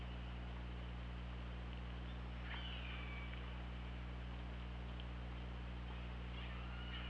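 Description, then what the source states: Orca call: one drawn-out tone that bends down and then holds level, with fainter calls afterwards, over a heavy low hum. Underwater hydrophone at OrcaLab, 24 August 2017, around 21:16.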